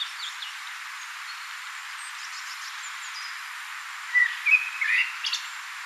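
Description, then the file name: Common blackbird with one brief warbled phrase of whistles and high chips after several seconds of quiet background hiss. "Turdus merula"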